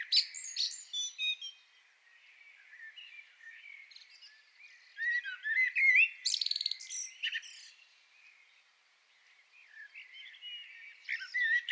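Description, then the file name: Common blackbird giving several bursts of high twittering and chirping notes, with quieter warbles and gaps between the louder phrases. "Turdus merula"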